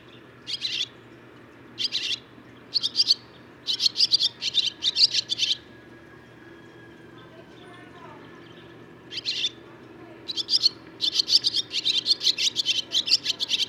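Barn swallow twittering song in bursts of bright, high chirps, pausing for several seconds midway before resuming in a dense chattering run.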